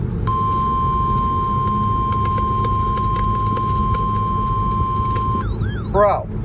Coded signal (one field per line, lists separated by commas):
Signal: Emergency Alert System (SAME) tones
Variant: 1050 Hz attention tone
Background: speech